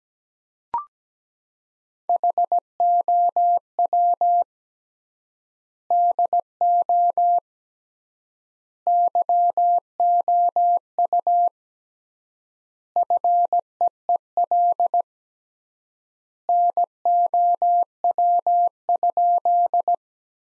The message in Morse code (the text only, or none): HOW DO YOU FEEL NOW?